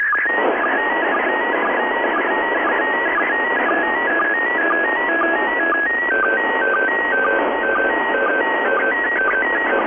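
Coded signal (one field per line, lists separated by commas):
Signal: SSTV (slow-scan television)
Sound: warbling tone stepping up and down, with a short low blip about twice a second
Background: radio static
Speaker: okay considering the static on the signal this didn't turn out too bad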